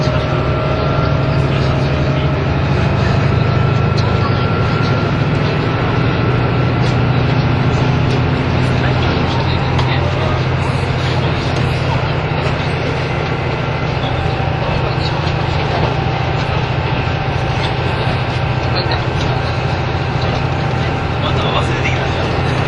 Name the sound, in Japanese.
名古屋～富山